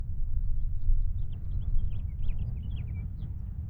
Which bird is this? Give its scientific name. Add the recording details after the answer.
Haemorhous mexicanus. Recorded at Oak Beach on Long Island, New York, on 21 May 1975. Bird B